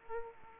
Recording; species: mosquito wingbeat signal from an infrared sensor; Aedes aegypti